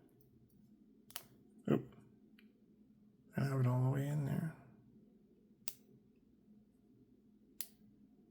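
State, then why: Seated. Someone pulls back the quick-release latch on a watch band, a band already used with a Samsung Watch 5 Pro, and pushes it fully into the case lug of a Samsung Watch 6 Classic while talking. Light taps and handling come first, then sharp clicks at 5.7 s and 7.6 s as the latch locks and the band is seated.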